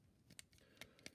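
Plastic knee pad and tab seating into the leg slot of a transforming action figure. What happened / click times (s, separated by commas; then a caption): A plastic part snaps into place on a small plastic assembly / 0.4 s, 1.1 s. On a transforming plastic action figure's leg, a tab is lined up with its slot and the knee pad is folded down. Sharp plastic clicks sound at 0.4 s and 1.1 s, with a softer click at 0.8 s. The knee pad and tab snap into place and sit secure.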